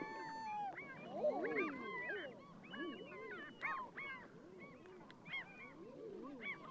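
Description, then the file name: Common eider cooing calls, many overlapping rising-and-falling moaning notes from several birds, mixed with higher, shorter yelping calls throughout. "Edredone"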